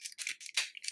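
Plastic legs of a Transformers Takara Tomy Masterpiece MP-36 Megatron collectible robot figure are pushed back into the figure's torso during transformation, making bright, high-pitched rattling and scraping of plastic parts. The legs click into place at 0.6 s, a sharp snap that is the loudest moment, and the seating is confirmed.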